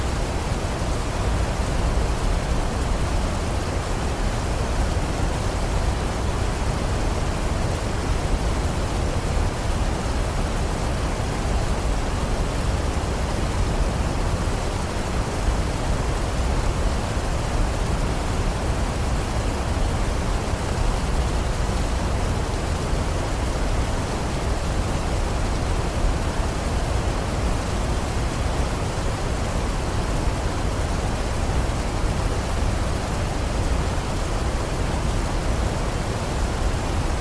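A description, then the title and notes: A waterfall pours in a steady, unbroken rush for the whole length, with no pauses or separate splashes. The roar is dense and weighted toward a deep low rumble, with a softer hiss spread above it, and the loudness barely changes throughout. Peaceful Waterfall Sounds.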